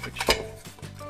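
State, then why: Seated. The metal inner sleeve of a light-fixture wood gasifier is pushed into its outer metal body, giving a few metallic clatter hits. The loudest hit, at 0.3 s, is where the sleeve pops into place, and it ends seated.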